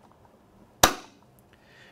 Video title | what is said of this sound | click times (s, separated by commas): NEW Kramer WP 211T 4K60 4 2 0 HDCP 2 2 Wall Plate Auto Switcher | then place the outer rim in position and finally snap | 0.8 s